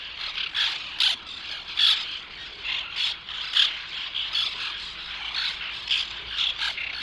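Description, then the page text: White-winged tern: harsh, grating calls in repeated short bursts, with a continuous chatter of softer calls behind them. "Tomas Belka - Белокрылая крачка (Chlidonias leucopterus)"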